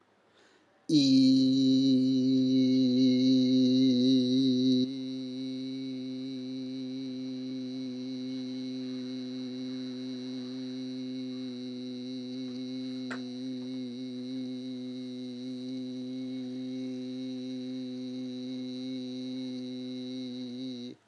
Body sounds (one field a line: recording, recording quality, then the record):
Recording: sustained vowel as in beet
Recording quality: excellent, no background noise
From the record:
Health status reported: healthy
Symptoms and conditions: none ticked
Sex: male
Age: 57 years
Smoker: not ticked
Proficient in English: yes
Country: India